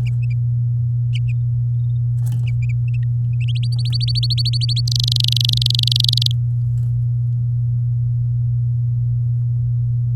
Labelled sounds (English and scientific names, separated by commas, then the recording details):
Domestic Canary (Serinus canaria) song
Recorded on 8 May 2018 at 12:16
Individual llb16